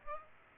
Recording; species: mosquito wingbeat signal from an infrared sensor; Aedes aegypti